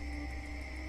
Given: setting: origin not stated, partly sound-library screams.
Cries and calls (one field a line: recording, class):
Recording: one-second piece from a danger detection set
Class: normal situation